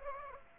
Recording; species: mosquito wingbeat signal from an infrared sensor; Aedes aegypti